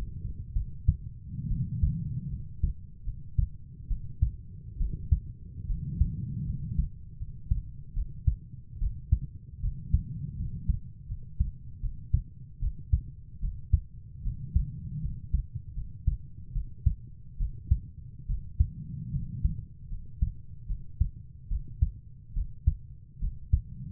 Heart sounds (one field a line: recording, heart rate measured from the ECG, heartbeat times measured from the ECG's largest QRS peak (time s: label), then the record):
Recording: heart sounds by stethoscope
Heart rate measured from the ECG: 74 bpm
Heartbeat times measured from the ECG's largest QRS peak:
0.54 s: heartbeat
1.49 s: heartbeat
2.30 s: heartbeat
3.05 s: heartbeat
3.89 s: heartbeat
4.79 s: heartbeat
5.68 s: heartbeat
6.46 s: heartbeat
7.19 s: heartbeat
7.95 s: heartbeat
8.80 s: heartbeat
9.62 s: heartbeat
10.38 s: heartbeat
11.08 s: heartbeat
11.82 s: heartbeat
12.61 s: heartbeat
13.41 s: heartbeat
14.24 s: heartbeat
15.02 s: heartbeat
15.75 s: heartbeat
16.54 s: heartbeat
17.39 s: heartbeat
18.28 s: heartbeat
19.12 s: heartbeat
19.90 s: heartbeat
20.68 s: heartbeat
21.49 s: heartbeat
22.35 s: heartbeat
23.21 s: heartbeat
From the record:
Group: healthy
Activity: rest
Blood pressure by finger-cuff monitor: 106/54 mmHg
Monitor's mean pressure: 71 mmHg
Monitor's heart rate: 73 bpm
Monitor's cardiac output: 7.3 L/min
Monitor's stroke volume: 98 mL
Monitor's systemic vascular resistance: 690 dyn s/cm5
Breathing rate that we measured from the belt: 13 breaths a minute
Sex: female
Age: 22 years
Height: 160 cm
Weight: 63 kg